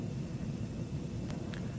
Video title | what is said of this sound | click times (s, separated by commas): Video Projects Quickstudy Video - MS-DOS Intermediate Class | Make sure they're inserted until they click. | 1.3 s, 1.5 s